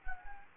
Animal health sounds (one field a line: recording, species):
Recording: mosquito wingbeat signal from an infrared sensor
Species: Anopheles gambiae